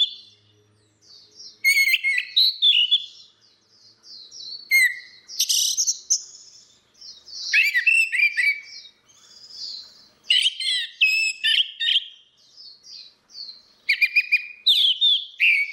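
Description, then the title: Orange-headed thrush in varied song, whistled phrases mixed with buzzy, scratchy notes and chirps, with short gaps between phrases. "Burung Anis Merah"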